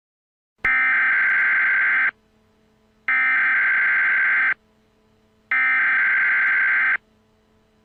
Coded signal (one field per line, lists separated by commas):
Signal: Emergency Alert System (SAME) tones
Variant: header bursts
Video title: Eas Alarm #1